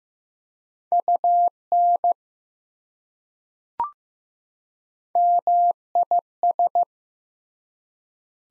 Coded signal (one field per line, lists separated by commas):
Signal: Morse code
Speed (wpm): 15 wpm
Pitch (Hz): 700 Hz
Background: none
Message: UN MIS